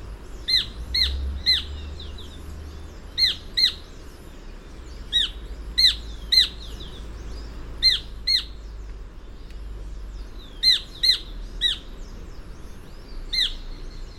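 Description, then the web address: Black-billed treehunter repeating sharp, harsh notes in groups of two or three, with pauses between groups, over a low background hum. Recorded in Ecuador. "Natures Songs S America Birds of Ecuador Black-billed Treehunter"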